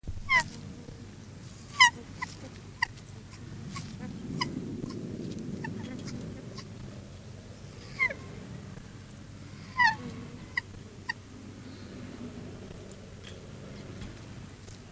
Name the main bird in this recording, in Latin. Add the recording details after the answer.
Branta sandvicensis. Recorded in captivity. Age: adult. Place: Zoo Rostock, Mecklenburg-Vorpommern, DE. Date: 1984-02-04 14:40. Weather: overcast, 3-6°C. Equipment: Nagra SN, Kopie Uher 4000 Report Monitor. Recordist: Tembrock, Günter